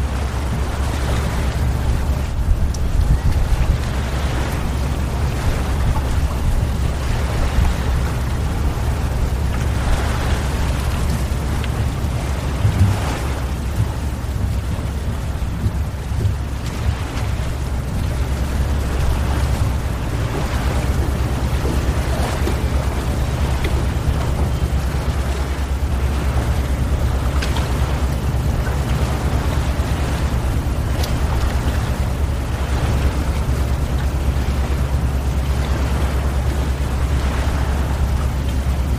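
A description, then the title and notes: Island ambience built on a constant deep rumble that holds the same level for the whole stretch. Soft hissing surges rise and fall every few seconds over it, like wind or water washing, with no sharp events standing out. Malediven ASMR: Ambient 3D-Sound. Am Himmel stehen ein paar einzelne Wolken, darunter ist bis zum Horizont nichts als Wasser.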